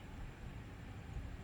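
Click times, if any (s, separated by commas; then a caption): none. A Microtech Stitch knife blade is pushed closed against its spring toward the lock button, with only a steady low rumble and faint handling noise and no sharp transients. Nothing has seated or clicked yet; the blade is not yet locked closed.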